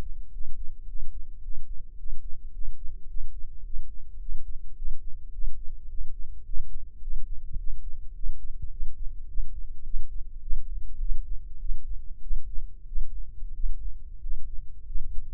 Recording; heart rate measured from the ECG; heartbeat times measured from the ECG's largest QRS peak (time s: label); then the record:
heart sounds by microphone in the left ear; 103 bpm
0.29 s: heartbeat
0.85 s: heartbeat
1.40 s: heartbeat
1.95 s: heartbeat
2.50 s: heartbeat
3.06 s: heartbeat
3.62 s: heartbeat
4.18 s: heartbeat
4.74 s: heartbeat
5.30 s: heartbeat
5.86 s: heartbeat
6.43 s: heartbeat
6.99 s: heartbeat
7.55 s: heartbeat
8.12 s: heartbeat
8.69 s: heartbeat
9.26 s: heartbeat
9.82 s: heartbeat
10.39 s: heartbeat
10.98 s: heartbeat
11.58 s: heartbeat
12.20 s: heartbeat
12.85 s: heartbeat
13.52 s: heartbeat
14.19 s: heartbeat
14.84 s: heartbeat
From the record:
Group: healthy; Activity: Valsalva maneuver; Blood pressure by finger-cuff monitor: 120/83 mmHg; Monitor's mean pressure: 93 mmHg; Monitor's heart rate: 105 bpm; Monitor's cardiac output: 7.3 L/min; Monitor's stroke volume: 70 mL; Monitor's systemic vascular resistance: 930 dyn s/cm5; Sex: male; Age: 19 years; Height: 178 cm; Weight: 83 kg